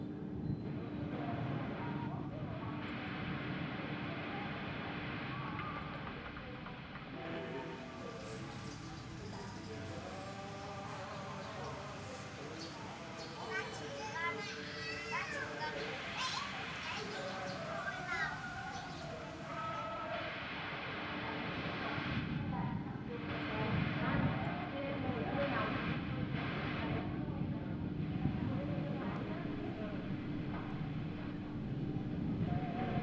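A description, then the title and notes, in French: Street sounds recorded around Hanoi: a continuous low rumble of engines and traffic runs through the whole recording. Voices talk in the middle stretch, roughly from 8 to 20 seconds, with short bright chirps and clinks, and the rumble swells louder toward the end. Sons enregistrés dans la région de Hanoï. Prise de son et dérushage : Marion Castor (c) 2015-16 Réalisation, montage et ondes : éliane blaise.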